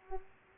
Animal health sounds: mosquito wingbeat signal from an infrared sensor; Culex pipiens

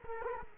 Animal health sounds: mosquito wingbeat signal from an infrared sensor; Culex quinquefasciatus

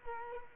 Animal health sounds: mosquito wingbeat signal from an infrared sensor; Culex quinquefasciatus

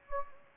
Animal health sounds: mosquito wingbeat signal from an infrared sensor; Anopheles gambiae

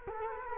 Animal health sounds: mosquito wingbeat signal from an infrared sensor; Culex quinquefasciatus

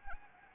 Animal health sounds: mosquito wingbeat signal from an infrared sensor; Anopheles arabiensis

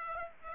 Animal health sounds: mosquito wingbeat signal from an infrared sensor; Aedes aegypti

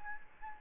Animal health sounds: mosquito wingbeat signal from an infrared sensor; Anopheles gambiae

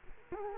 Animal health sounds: mosquito wingbeat signal from an infrared sensor; Culex quinquefasciatus

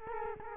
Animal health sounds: mosquito wingbeat signal from an infrared sensor; Culex quinquefasciatus

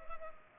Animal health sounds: mosquito wingbeat signal from an infrared sensor; Culex pipiens

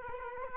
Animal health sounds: mosquito wingbeat signal from an infrared sensor; Culex quinquefasciatus

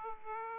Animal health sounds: mosquito wingbeat signal from an infrared sensor; Aedes aegypti

